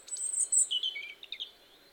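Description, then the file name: European robin singing a short phrase of very high, thin notes that drop into lower, liquid twittering and end in a few quick chips. "Erithacus rubecula"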